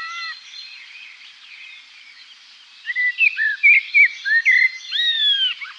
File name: merle noir